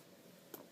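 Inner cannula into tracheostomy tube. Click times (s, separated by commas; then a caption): 0.6 s. During a tracheostomy dressing change, an inner cannula lubricated with water is pushed back into the tracheostomy tube while the faceplate is held steady. A single sharp, soft snap at 0.6 s stands out over a quiet, steady background. The inner cannula is seated in place.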